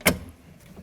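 On a 1988–2002 GMC Sierra 1500, during an exterior door handle replacement, a metal handle rod is squeezed into its plastic clip on the inside door handle. It snaps into the clip with a sharp click at 0.1 s, and a fainter sound follows near 0.8 s. The rod is seated and is then tugged to check that it does not fall out.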